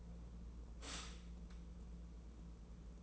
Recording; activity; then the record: daily activity, microphone in the room; stop toaster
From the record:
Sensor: 1